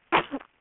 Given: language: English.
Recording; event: throat vibration sensor signal played as sound; cough